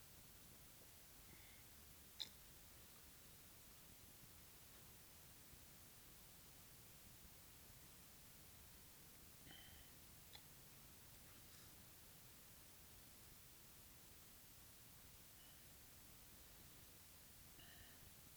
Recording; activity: daily activity, guitar pickup as the sensor; drink water